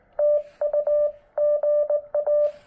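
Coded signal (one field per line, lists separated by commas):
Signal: Morse code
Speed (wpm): 18 wpm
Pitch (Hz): 590 Hz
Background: none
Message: TU GA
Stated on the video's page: Morse from a Yaesu FT-891 on 20 meters during a chilly park activation with pileups.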